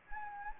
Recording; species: mosquito wingbeat signal from an infrared sensor; Anopheles gambiae